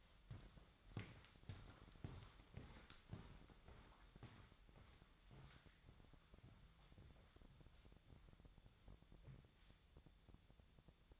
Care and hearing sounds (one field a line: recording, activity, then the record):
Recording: daily activity, microphone in the room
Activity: walk to room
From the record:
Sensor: 3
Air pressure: 999.4 hPa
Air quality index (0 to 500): 195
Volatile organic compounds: 42 ppm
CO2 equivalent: 3186 ppm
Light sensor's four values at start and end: 8/19/7/7 and 8/19/8/7